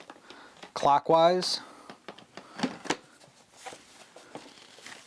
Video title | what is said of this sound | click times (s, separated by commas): I tested the Shark TurboBlade fan! What makes it different? | get it to snap into place, just like that. | 2.6 s